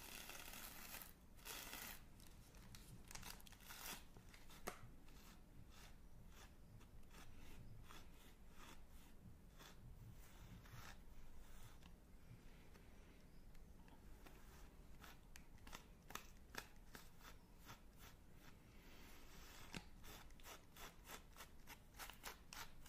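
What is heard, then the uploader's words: Someone unwraps and eats a Magnum chocolate ice cream, with dense crinkling and rustling of the wrapper throughout. Sharp crackles and snaps come in quick irregular bursts, busiest in the second half, over a steady low rumble underneath. Unwrapping and Eating Magnum Chocolate.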